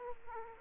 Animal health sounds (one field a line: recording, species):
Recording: mosquito wingbeat signal from an infrared sensor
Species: Aedes aegypti